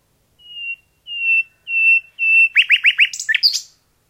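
Common nightingale song opening with four drawn-out piping whistles on one pitch, then a burst of quick sweeping notes and harsh chatter.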